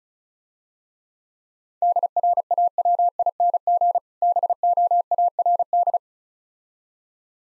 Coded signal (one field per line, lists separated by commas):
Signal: Morse code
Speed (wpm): 35 wpm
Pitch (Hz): 700 Hz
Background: none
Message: DRAWING BOARD